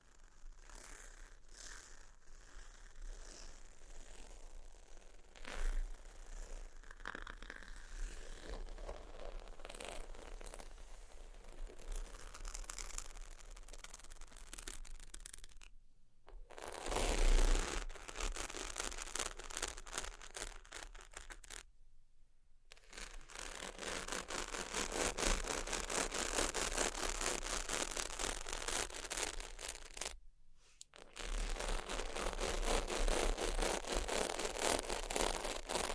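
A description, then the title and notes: Sheets being scratched and rubbed, a dense, rapid hiss of fabric friction that runs nearly throughout. A quieter, softer stretch fills the first fifteen seconds with a few sharper knocks, then louder, brighter scratching resumes after short silences near 16, 22 and 30 seconds. ASMR Extremely Sleepy Sheets Scratching Tapping（No Talking）.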